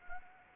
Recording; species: mosquito wingbeat signal from an infrared sensor; Anopheles arabiensis